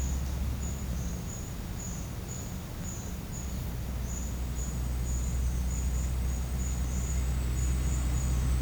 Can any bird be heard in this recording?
no